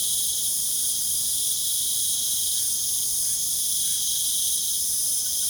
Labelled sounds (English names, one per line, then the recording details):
none
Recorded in pastures near Puerto Asís, Putumayo, Colombia, on 25 June 2025 at 20:30
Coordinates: 0.497, -76.327
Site G040